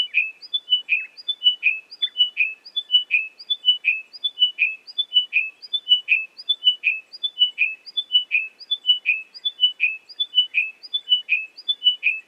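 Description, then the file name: Chiming wedgebill song: a descending chime of a few clear whistled notes, repeated steadily, a little under a second apart. "British Library - Chiming Wedgebill Sphenostoma occidentalis"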